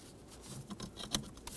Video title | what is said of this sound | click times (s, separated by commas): How to Replace Brake Light Switch 2007-2014 Chevrolet Silverado 2500 HD | That's locked in. | 1.2 s